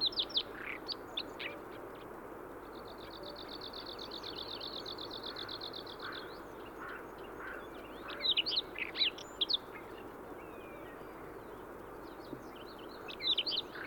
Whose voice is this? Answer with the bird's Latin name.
Luscinia calliope